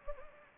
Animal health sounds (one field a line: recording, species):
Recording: mosquito wingbeat signal from an infrared sensor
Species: Anopheles gambiae